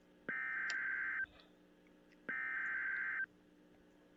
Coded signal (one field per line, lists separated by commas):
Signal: Emergency Alert System (SAME) tones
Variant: header bursts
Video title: Emergency Alert System - All types of activations compilation